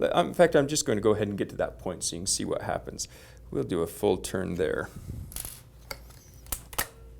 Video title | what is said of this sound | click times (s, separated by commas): Gamo Urban: How to Adjust and Modify the Trigger | can hear it clicking but it just won't hold so | none